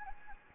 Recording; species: mosquito wingbeat signal from an infrared sensor; Anopheles gambiae